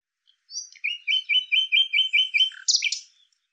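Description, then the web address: Bird song: a brief high note, then a fast series of about eight repeated buzzy chirps, closing with a lower note and a louder burst. "Deverinetal 2025"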